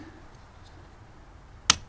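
The red locking tab on the wiring connector of a tinted LED side marker from Luxe would not close because the connector was not fully seated. The connector is pushed further and the red lock snaps down with one sharp click at 1.7 s over a quiet, low background. The lock tab is now seated home.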